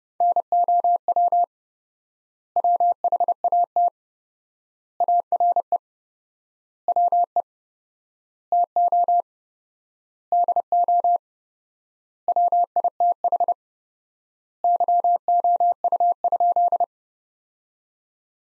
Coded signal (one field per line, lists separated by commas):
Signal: Morse code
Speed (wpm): 32 wpm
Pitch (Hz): 700 Hz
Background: none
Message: NOW WHAT ARE WE TO DO WITH YOU?